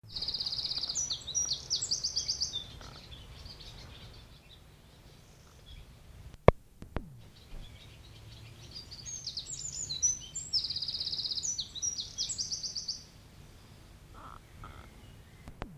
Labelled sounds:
Eurasian Wren (Troglodytes troglodytes) song, Barn Swallow (Hirundo rustica)

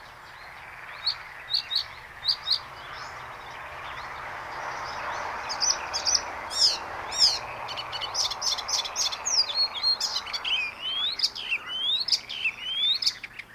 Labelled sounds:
Icterine Warbler (Hippolais icterina) song

